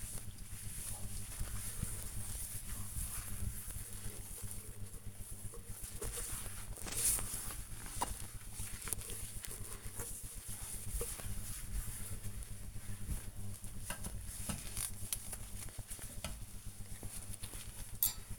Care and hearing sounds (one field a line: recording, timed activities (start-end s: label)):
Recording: household activities, microphone on the right wrist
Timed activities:
0.00-18.39 s: bathroom cleaning (washbasin)